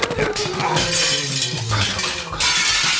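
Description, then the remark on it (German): Glass shatters loudly as an object thrown out of a window crashes through it, followed by a sustained clatter of falling shards and debris for a few seconds, with a fresh burst of crashing near the end. “Jetzt habe ich ja gar nichts mehr übrig, das ich aus dem Fenster schmeißen könnte.”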